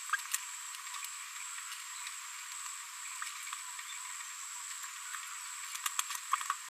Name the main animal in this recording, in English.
Green-rumped Parrotlet